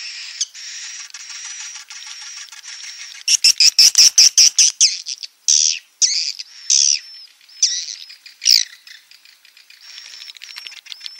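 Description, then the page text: Swiftlet calls: a steady high hum, then a burst of loud, harsh chirps followed by spaced squeaky calls. Roosting ('inap') lure call played to attract swiftlets to swiftlet houses; call style named 'INAP BJA'. "Suara Burung Walet sufar sinar 77 Suara Panggil, Suara Inap Dan Tarik. INAP BJA"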